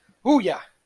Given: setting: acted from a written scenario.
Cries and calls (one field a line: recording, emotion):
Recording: vocal sound without words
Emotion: positive surprise